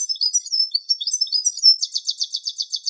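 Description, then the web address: European goldfinch twittering, high thin chirps and tinkling notes, then a fast run of even repeated notes in the final second. "Carduelis carduelis"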